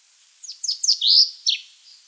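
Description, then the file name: Common chaffinch phrase: a quick run of high, downward-sweeping notes, then a longer buzzy note and one last sharp downslur, over faint hiss. "Fringilla coelebs"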